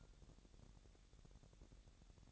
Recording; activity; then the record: daily activity, microphone in the room; take from stove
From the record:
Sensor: 3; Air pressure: 1012.0 hPa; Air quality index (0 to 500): 207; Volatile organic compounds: 4 ppm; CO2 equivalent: 1545 ppm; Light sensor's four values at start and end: 112/265/110/98 and 112/265/110/99